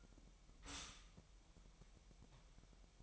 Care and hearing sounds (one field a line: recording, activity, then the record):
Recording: daily activity, microphone in the room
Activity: stop toaster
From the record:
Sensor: 1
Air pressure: 1002.0 hPa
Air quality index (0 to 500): 241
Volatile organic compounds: 45 ppm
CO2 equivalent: 3233 ppm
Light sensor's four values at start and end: 10/34/12/14 and 10/35/12/14